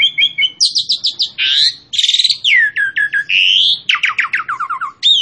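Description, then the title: Asian pied starling song: fast strings of repeated chirps, rising and falling whistles and buzzy notes, packed tightly with hardly any pause. Song used as a master for training captive birds. "Masteran Jalak Suren"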